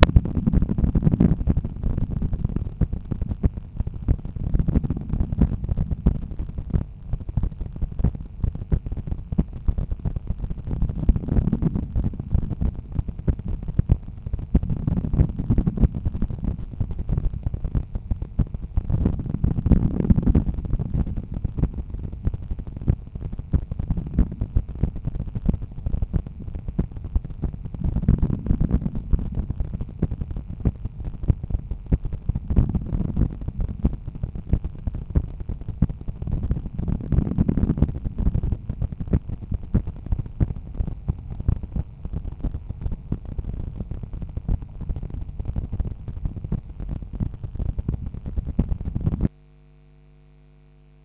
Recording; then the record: heart sounds by stethoscope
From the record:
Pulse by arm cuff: 90 bpm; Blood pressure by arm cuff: 137/88 mmHg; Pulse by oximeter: 89 bpm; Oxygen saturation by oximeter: 99%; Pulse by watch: 86 bpm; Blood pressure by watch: 113/74 mmHg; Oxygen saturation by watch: 98%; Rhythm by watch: sinus rhythm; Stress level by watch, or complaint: low stress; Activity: after 5 min smoking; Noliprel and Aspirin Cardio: no pills today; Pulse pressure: 49 mmHg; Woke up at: 7:00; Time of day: 8:12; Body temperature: 36.9 C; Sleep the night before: 8 h 5 min, score 54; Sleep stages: REM 28%, light 57%, deep 5%, awake 10%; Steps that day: 9800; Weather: rain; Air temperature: 15.7 C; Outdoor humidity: 91%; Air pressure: 1011 hPa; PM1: 6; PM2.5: 11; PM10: 15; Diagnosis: hypertension, treated with Noliprel and Aspirin Cardio 100 mg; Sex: male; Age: 53 years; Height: 174 cm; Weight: 81 kg